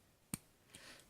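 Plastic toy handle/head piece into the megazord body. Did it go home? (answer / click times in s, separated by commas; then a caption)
yes / 0.3 s. During a megazord transformation, the plastic toy head piece is flipped up and the handle brought down into the megazord body. A small, soft click at 0.3 s shows it locking into place, followed by a faint second sound. The part is seated.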